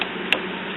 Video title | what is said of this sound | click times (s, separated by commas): How to install our Continuous Ink System-CIS-CISS For HP Photosmart 7515-7512-7510 Printers | You'll hear them snap in. Like that one. | 0.3 s